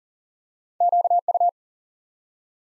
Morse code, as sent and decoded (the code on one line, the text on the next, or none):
--.- ..-
QU